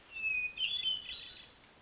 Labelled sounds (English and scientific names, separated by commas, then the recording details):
Hermit Thrush (Catharus guttatus)
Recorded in Sonoma County, California